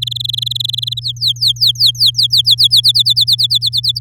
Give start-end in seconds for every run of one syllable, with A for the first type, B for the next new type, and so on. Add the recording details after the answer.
0.02-0.99 A, 1.02-2.81 B, 2.83-3.99 C. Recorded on 9 May 2018 at 13:43. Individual llb16